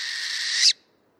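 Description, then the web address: Owl giving a harsh, hissing screech that holds steady, then cuts off abruptly into silence. "BIRD NOTE. Nineteen Owls"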